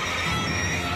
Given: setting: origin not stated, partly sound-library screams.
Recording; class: one-second piece from a danger detection set; woman in danger